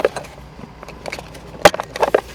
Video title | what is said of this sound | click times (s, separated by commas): USB charger in car (hardwired) | there so I should have just click into place | 1.6 s